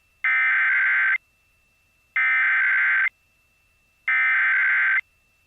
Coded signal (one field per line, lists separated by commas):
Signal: Emergency Alert System (SAME) tones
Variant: header bursts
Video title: EAS - Burnt